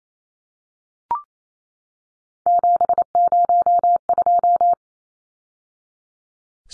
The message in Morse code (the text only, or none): 702